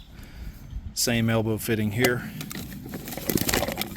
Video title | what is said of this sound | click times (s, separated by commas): Rain Gutter Drainage Done Right | snaps on there | 3.5 s